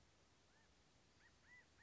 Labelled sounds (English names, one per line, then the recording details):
California Quail
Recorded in Sonoma County, California